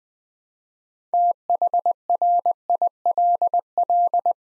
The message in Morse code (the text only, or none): THRILL